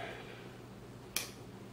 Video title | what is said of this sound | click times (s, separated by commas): Great Eastern Cutlery, Northfield Ranch Hand | there it is you heard the snap in the open position | 1.2 s